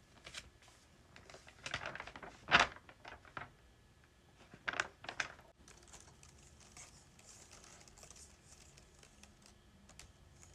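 Pages flip and a keyboard clicks in short, sharp bursts. The loudest sweeps land around two and a half and five seconds. After that the sound settles into lighter, steady tapping and soft rustles, fairly even through to the end.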